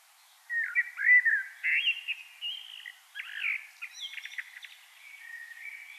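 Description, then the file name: Common blackbird warbling a run of mellow whistles mixed with scratchy twitters over a soft background hiss. "Turdus merula"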